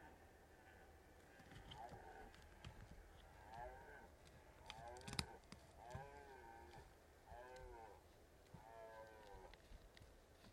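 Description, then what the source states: Red deer stags roaring, a series of curved harmonic bellows every one to two seconds, with a sharp crack near five seconds and low background rumble. Red deer stags rutting in the Carpathian Mountains, Bucovina, Romania.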